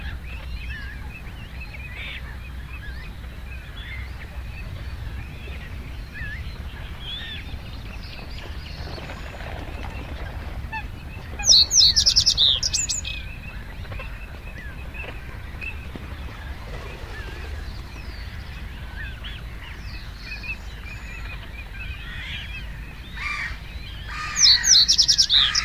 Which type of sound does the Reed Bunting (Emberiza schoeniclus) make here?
song